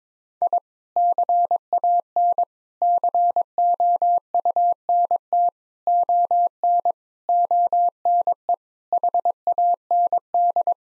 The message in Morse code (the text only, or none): I CAN COUNT ON ONE HAND